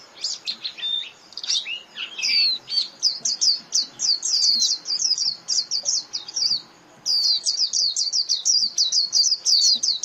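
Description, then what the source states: White-eye chirping almost continuously: high, thin, downslurred notes in long, fast series, with a brief pause before the final run. White-eye lure call (mồi) used for trapping birds.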